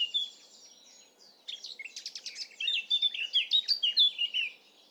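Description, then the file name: Eurasian blackcap song: a brief high phrase, a pause, then a rapid chattering warble that turns into clearer, louder whistled notes before fading. "Sylvia atricapilla"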